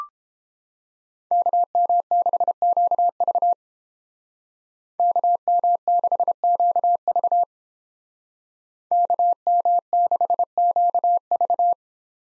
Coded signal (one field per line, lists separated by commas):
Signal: Morse code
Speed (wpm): 31 wpm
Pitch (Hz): 700 Hz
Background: none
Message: KM6QV KM6QV KM6QV